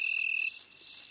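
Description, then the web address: Cricket sound, transformed: a bright continuous tone fading after half a second, with breathy rhythmic pulses above it. "erinnerungswellen huber grillen"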